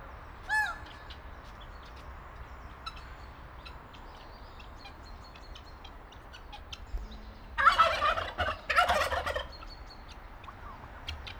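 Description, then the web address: Turkey gobbling, two loud rattling bursts near the end after a long stretch of faint chatter, clicks and a single squawk. Farmyard of a zoo in Nyíregyháza, Hungary, 2010; guineafowl calling in the background. "allathangok nyiregyhazizoo 2010 standardt parasztudvar pulyka gyongytyukhatter"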